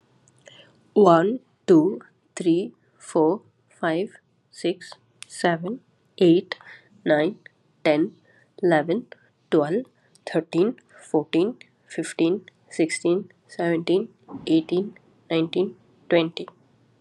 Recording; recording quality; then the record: counting at a normal pace; excellent, no background noise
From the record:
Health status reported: COVID-19 positive, mild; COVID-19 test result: positive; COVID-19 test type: RT-PCR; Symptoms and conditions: cough, cold, sore throat, fever, fatigue, muscle pain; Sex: female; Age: 29 years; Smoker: no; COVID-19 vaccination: both doses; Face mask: not worn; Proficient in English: yes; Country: India